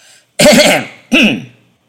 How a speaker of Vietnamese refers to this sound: Phong Trần Tứ Khách cố tạo ra vẻ trịnh trọng, chậm rãi ho khan lên một tiếng rồi mới cất lời.